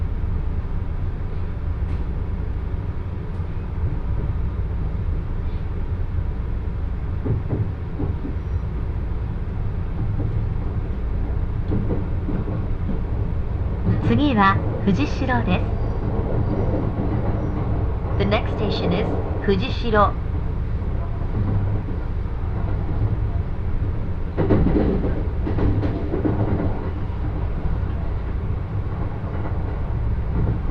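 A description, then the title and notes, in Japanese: A Joban Line local train rolls on with a steady low rumble and rattle throughout. Short bursts of brighter clatter and squeal stand out around 14–16 seconds, 18–20 seconds and again near 25 seconds, and faint speech murmurs underneath. 耳で楽しむ鉄道旅 常磐線普通 石岡→土浦→取手。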